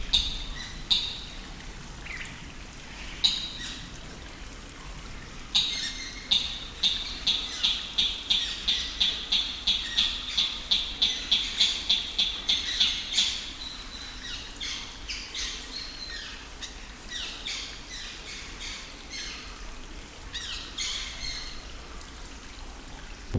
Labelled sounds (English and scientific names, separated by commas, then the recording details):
Red-legged Crake (Rallina fasciata) call
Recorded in captivity
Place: Zoo Berlin, Berlin, DE
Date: 1996-02-10 15:50
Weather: heiter bis wolkig, -11°C
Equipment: Sony MD-WM MZ-R3, Sennheiser ME 80, Kopie Uher 4000 Report Monitor
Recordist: Tembrock, Günter